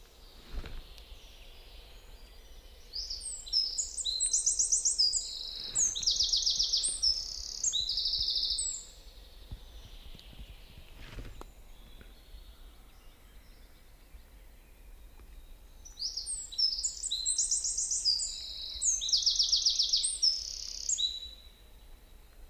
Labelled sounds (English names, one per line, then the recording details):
Eurasian Wren song
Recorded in the wild
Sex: male
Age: adult
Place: Schönow, Naturpark Barnim, Brandenburg, DE
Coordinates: 52.705, 13.5092
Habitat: pine wood
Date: 2005-04-10
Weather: cloudy, 0°C, no wind
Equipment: Tascam DA-P1, Sennheiser MKH 70, Windschutz
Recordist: Frommolt, Karl-Heinz
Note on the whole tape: Kiefernwald mit eingesteuten Birken unmittelbar nördlich des Naturschutzgebietes Schönower Heide: Gesang. 14 Strophen. Entfernung ca. 15 m